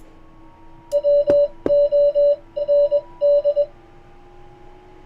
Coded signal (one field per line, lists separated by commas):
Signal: Morse code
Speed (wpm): 21 wpm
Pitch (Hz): 580 Hz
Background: none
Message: WOND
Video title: YAESU FT-891S 18 - CW Decoding Via The PC's Microphone - C# WPF - David G7UIV